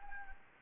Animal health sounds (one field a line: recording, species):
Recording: mosquito wingbeat signal from an infrared sensor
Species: Anopheles gambiae